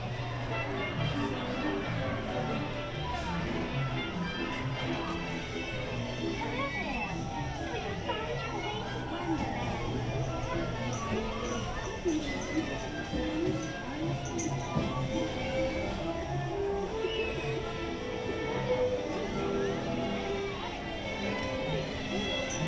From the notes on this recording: Alice in Wonderland corner in Fantasyland at Disneyland Park